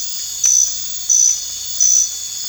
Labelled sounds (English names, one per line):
none